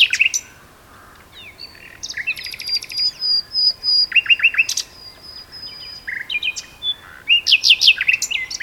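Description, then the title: Common nightingale song mixing a thin sustained whistle, quick staccato note series and rattling bursts, phrases separated by short silences. Two nightingales singing together as a duet on Westleton Heath. "sanderson. nightingale duet on westleton heath"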